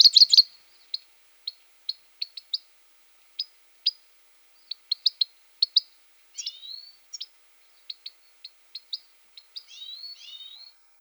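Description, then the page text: Grey-crowned goldfinch giving short, sharp, high chips spaced irregularly, with brief twittering phrases mixed in during the second half. "Голоса птиц - Седоголовый щегол (Carduelis caniceps)"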